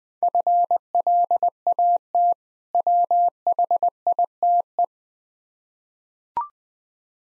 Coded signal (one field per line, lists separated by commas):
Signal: Morse code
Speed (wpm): 21 wpm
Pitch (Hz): 700 Hz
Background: none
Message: FLAT WHITE